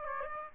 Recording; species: mosquito wingbeat signal from an infrared sensor; Aedes aegypti